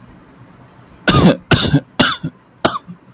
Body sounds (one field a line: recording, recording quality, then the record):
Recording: heavy voluntary cough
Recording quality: excellent, no background noise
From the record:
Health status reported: recovered from COVID-19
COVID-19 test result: positive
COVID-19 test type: RT-PCR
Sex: male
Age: 22 years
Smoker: no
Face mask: not worn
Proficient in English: yes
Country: India